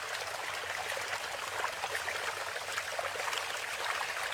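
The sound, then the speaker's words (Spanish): A stream flows steadily, its water burbling and trickling in a continuous bright rush with small splashy flickers throughout and no voices. “Escuchamos con atención. El arroyo no solo lleva agua, lleva un mensaje de resistencia.”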